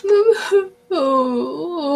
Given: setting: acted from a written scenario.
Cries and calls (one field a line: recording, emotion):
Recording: vocal sound without words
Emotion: shame